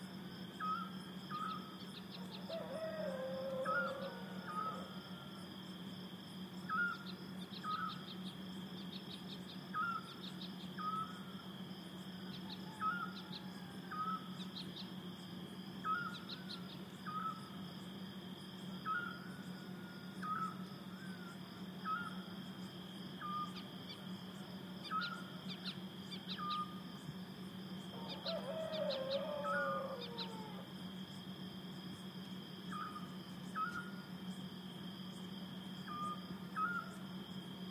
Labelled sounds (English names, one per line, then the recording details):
Eurasian Scops Owl
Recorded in the wild
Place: Vasilikos, Zakynthos, Ionien Islands, GR
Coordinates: 37.7175, 20.9817
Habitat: olive grove
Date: 2012-07-05
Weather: 25°C, clear, almost windless
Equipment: Sound Devices 702, Sennheiser MKH 415 T, Rhode Windschutz
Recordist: Frommolt, Karl-Heinz